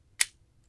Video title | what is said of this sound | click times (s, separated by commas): Unboxing and Review of Power Of The Primes Optimus Prime! | you got to do is just slide him in like so until you hear that glorious click Oh | 0.2 s